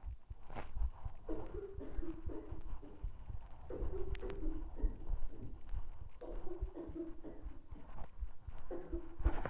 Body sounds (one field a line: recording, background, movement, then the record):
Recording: deep breathing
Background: a bystander coughing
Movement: walking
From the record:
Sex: male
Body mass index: 20.5 kg/m2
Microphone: on the chest, facing the body